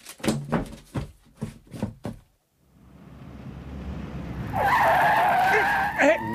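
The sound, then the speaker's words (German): After a few short opening bursts, the engine of a red Mini overtaking rises in a swelling roar, then its tyres let out a loud, sustained high-pitched screech for about two seconds, ending in a brief thump. “Das war eine Frau in dem roten Mini, die uns unbedingt überholen musste.”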